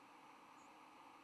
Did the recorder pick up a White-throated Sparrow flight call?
no